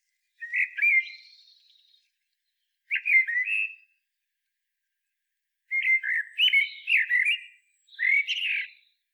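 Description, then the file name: Common blackbird singing: four separate melodious warbling phrases, the first fading into a thin trailing note, with clear silent gaps between them. "Turdus merula"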